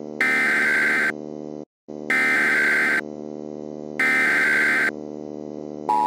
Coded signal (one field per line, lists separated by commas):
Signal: Emergency Alert System (SAME) tones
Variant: header bursts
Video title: The Uprising Pt. 2 (EAS Scenario)